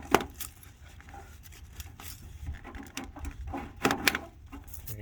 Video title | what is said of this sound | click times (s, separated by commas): Gutter Downspout Adapter with Debris Catch Install | you go you could actually probably hear that snap in in the video i'm just bending this back part up | 4.1 s